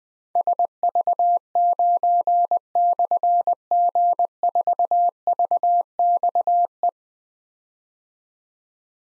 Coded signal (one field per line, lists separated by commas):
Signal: Morse code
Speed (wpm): 20 wpm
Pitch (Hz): 700 Hz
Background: none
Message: SV9/G4VXE